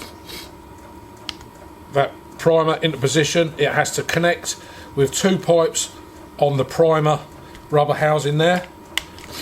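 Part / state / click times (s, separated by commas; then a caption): primer bulb into chainsaw tank/handle housing / seated / 9.0 s. A rubber primer bulb is pushed into its rubber housing on the tank/handle of a Stihl MS151T chainsaw, connecting with two pipes on the housing, during a handle replacement. Someone talks while soft rubbing and rasping handling sounds are heard. A sharp click comes at 9.0 s as the bulb seats and is located so it won't fall out.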